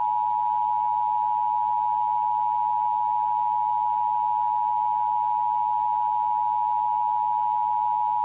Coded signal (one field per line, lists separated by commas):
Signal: Emergency Alert System (SAME) tones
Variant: 853 and 960 Hz attention tone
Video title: Sketch Gang TV Interrupted by an EAS (FAKE)